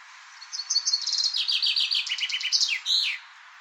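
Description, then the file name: Common chaffinch delivering its song, a quick series of notes falling in pitch through several trilled sections to a strong terminal flourish. "erdei pinty eneke"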